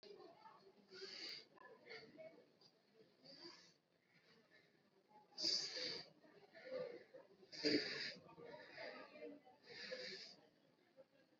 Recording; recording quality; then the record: deep breathing; excellent, no background noise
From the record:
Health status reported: COVID-19 positive, mild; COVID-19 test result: positive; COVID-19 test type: RT-PCR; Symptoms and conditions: fever, fatigue, muscle pain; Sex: male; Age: 27 years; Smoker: no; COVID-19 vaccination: both doses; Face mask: worn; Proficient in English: yes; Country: India